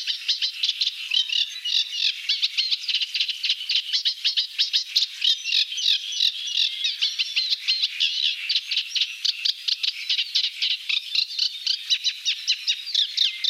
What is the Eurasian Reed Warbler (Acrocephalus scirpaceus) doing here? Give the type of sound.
song